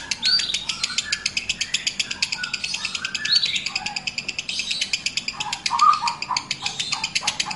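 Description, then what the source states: Lovebird fast, evenly pulsed trill repeated throughout, with scattered whistled notes and rising slurs over it. Master song recording of lovebird ngekek, the long trilling style, called among the longest, used as kicau pancingan, a lure song to prompt other birds.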